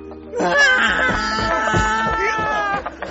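In a dark barn, a man who has tripped over a donkey and fallen shouts loudly, then the startled donkey brays, a loud, strained, wailing cry with wavering pitch that holds for about two and a half seconds before breaking off.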